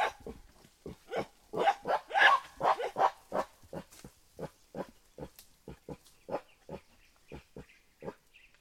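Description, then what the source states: Mountain gorilla grunts in an uneven run of many short throaty pulses, loudest in the first half and softer later. Sound labelled "uuk".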